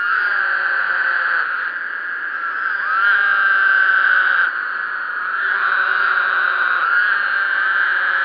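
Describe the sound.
Woodhouse's toad chorus of overlapping buzzy, nasal trills forming a constant hum, growing louder in places.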